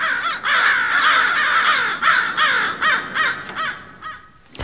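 crows cawing

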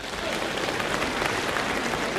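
audience applause

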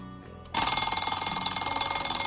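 alarm clock ringing

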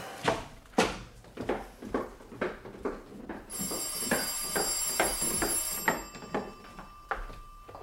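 telephone ringing

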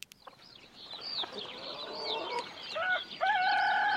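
rooster crowing and clucking

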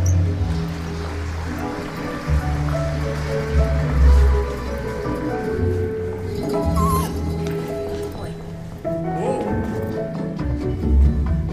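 audience applause

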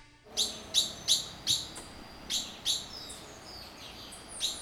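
tropical

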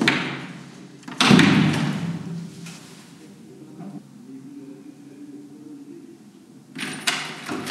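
knocking on a door

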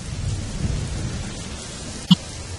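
thunderstorm with rain

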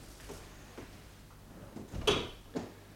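door being closed

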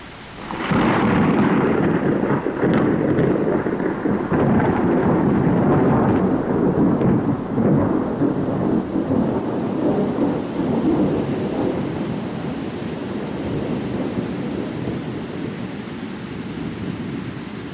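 thunderstorm with rain

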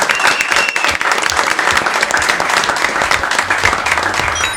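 audience applause

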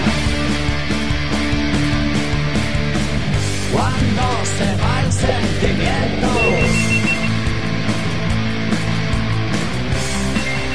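telephone ringing

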